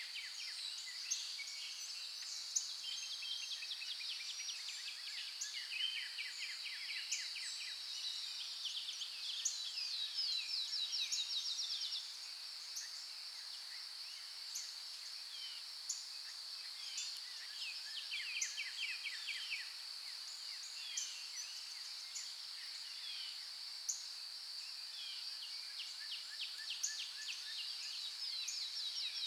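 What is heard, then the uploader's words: Birds chirp and trill busily in a forest over a steady high insect-like hiss, with bursts of song recurring throughout and nothing low underneath. Birds in the Forest Sleep Sounds.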